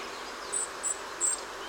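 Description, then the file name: European robin: a few high, thin whistled notes against a noisy, hissing background. "Erithacus rubecula"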